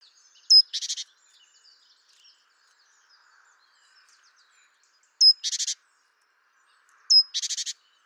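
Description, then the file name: Great tit calls: a thin high whistle then a buzzy churr of several notes, heard three times. "Parus major"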